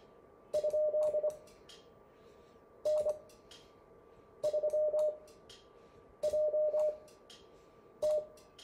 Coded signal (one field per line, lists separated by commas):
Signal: Morse code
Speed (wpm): 25 wpm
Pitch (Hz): 610 Hz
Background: none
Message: ? N3JT